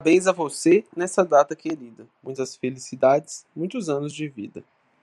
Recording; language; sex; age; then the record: short text; Brazilian Portuguese; male; 20 to 29 years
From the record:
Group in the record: control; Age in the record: 29 years